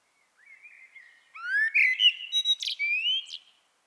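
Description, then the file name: Common blackbird with a quiet whistled opening, then a louder, rising fluty phrase broken by brief high squeaks. "Turdus merula"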